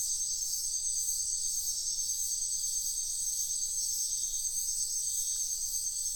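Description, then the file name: Crickets chirping in a dense, steady high-pitched chorus of several overlapping bands, softly pulsing, with no other clear sounds. Crickets calling at night in a wetland in Sian Ka'an Biosphere Reserve. "felix blume nature ambience wetland night frogs crickets insects sian kaan biosphere reserve"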